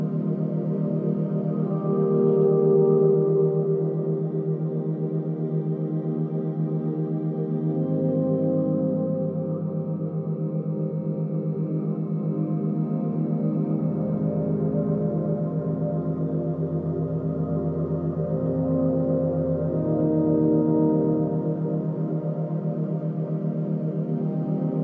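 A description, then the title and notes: Binaural beats drone steadily through the whole stretch, built from low sustained tones with a fast even pulsing near the bottom. Deeper bass layers swell in around eight seconds and again from about fourteen seconds, while soft ringing, gong-like overtones hover above. Theta State Binaural Beats - Relaxing Ambient Music with Theta Waves.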